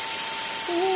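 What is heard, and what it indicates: Steady high-pitched tones over constant hiss, with a voice starting partway through: a simulated tinnitus sound, a ringing in the ear.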